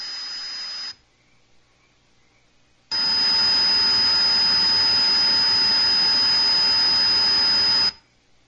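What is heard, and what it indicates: Two bursts of loud, high hissing noise, about one second and then five seconds long, each carrying steady piercing whistle tones. A simulation of the range of identified frequencies and waveforms that people with tinnitus have to try to exist with.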